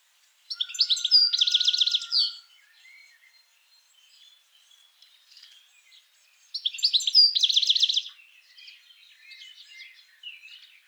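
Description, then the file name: European goldfinch calls: two bursts of fast, sparkling, slightly buzzy twittering, with faint soft chirps in the pauses. "Carduelis carduelis"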